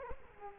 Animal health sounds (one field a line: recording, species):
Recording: mosquito wingbeat signal from an infrared sensor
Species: Culex quinquefasciatus